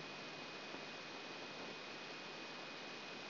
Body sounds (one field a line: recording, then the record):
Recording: brain microelectrode recording played as sound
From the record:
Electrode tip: outside the subthalamic nucleus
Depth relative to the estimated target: -4 mm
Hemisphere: left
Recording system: AlphaMap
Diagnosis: Parkinson's disease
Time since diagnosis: 7 years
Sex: female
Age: 56 years